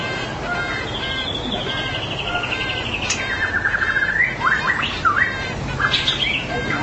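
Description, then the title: Magpie-robin or shama song, a long descending whistle followed by quick rising and falling notes over a steady background hiss. "BM Suara Burung Murai"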